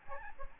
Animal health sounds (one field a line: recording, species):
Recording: mosquito wingbeat signal from an infrared sensor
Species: Aedes albopictus